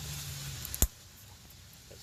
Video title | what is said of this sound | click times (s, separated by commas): Checking a Misfire Code Coils P0301 P0302 P0303 P0304 P0305 P0306 P0307 P0308 | can hear it click you know you're good that's | 0.6 s, 0.7 s, 0.8 s